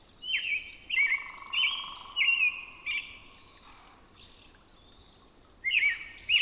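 Robin song: short slurred, whistled phrases in quick succession, then a pause before another phrase, with a steady tone under some of them.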